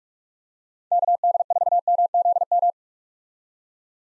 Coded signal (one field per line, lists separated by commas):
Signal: Morse code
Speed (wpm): 46 wpm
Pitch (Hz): 700 Hz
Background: none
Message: KD4MZM